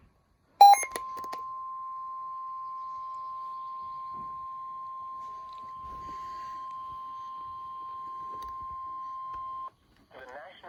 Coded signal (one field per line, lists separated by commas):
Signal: Emergency Alert System (SAME) tones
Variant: 1050 Hz attention tone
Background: speech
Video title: Back to back severe thunderstorm warnings (EAS #33-34) (Warning #46-47)